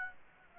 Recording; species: mosquito wingbeat signal from an infrared sensor; Aedes aegypti